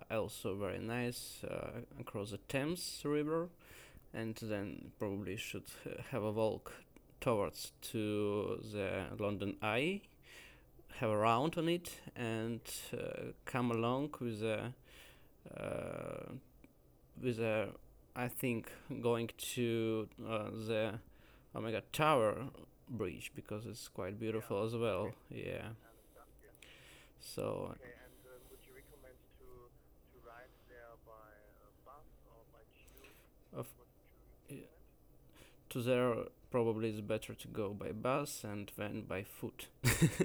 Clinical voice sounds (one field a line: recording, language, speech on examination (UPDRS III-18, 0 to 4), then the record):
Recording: conversation on a phone call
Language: English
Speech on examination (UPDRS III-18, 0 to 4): 0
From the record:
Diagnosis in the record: healthy control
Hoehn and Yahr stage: 0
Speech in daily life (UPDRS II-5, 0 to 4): 0